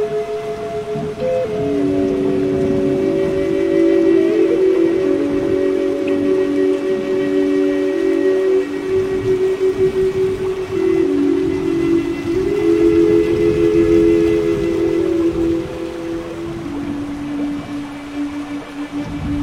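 A breathy flute plays long, slow sustained notes in a low-to-middle register, gliding between a few pitches with gentle bends. Beneath it a steady soft hiss of rain runs throughout, with a faint low rumble, and the level stays even.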